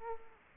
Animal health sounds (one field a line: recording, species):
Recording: mosquito wingbeat signal from an infrared sensor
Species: Culex quinquefasciatus